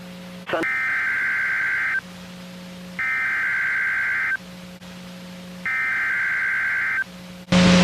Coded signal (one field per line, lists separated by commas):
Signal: Emergency Alert System (SAME) tones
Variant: header bursts